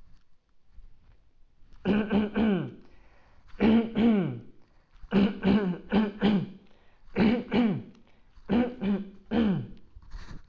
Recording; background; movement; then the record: throat clearing; quiet; sitting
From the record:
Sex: male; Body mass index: 20.6 kg/m2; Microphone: on the chest, facing outward